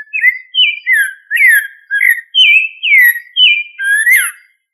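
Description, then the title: Thrush song: a continuous run of many clear whistled phrases in quick succession, each note slurring downward or swooping, with no other sounds. "Familia Turdidae - Sabia"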